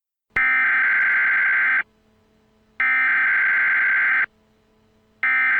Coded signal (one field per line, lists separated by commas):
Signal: Emergency Alert System (SAME) tones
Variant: header bursts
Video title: Eas Scenario: Shadow demons 3 Rebellion